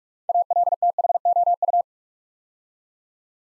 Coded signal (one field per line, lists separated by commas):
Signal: Morse code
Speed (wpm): 48 wpm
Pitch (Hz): 700 Hz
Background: none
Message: ALTHOU